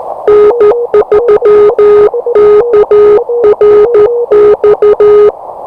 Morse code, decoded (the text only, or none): N3KRX